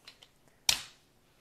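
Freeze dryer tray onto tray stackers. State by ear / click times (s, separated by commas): seated / 0.7 s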